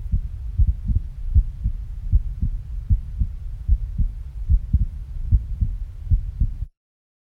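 Deep, muffled low thumps repeat at about 76 a minute in a fairly steady rhythm, some heard as close lub-dub pairs, over a low hum. It is a heartbeat sound effect.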